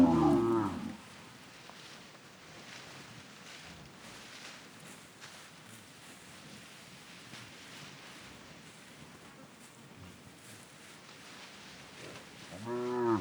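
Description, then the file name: Cattle mooing, a short harmonic moo at the start and another at the end, with soft rustling in between. Cattle herd walking on grass pasture, hooves audible, several moos. "Patas no pasto do gado varios mugidos"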